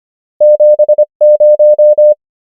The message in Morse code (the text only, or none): 7 0